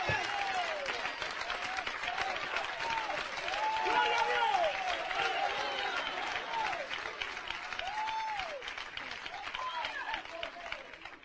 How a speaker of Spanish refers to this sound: Wow, Espíritu, yo voy a aplaudir por algunos que no pueden hoy en esta hora, hermano.